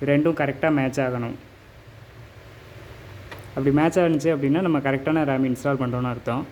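A RAM module is lined up with a motherboard memory slot, its notch matched to the key in the slot before it is pressed in. Someone talks over quiet handling sounds, with a brief sharp tap at 3.3 s during a pause. Nothing has seated or clicked yet.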